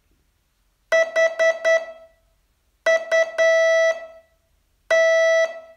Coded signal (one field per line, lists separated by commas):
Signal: Morse code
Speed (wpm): 10 wpm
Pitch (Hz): 660 Hz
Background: none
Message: HUT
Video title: Learn Morse in 42 Days from VU2LAU - day 36 test 2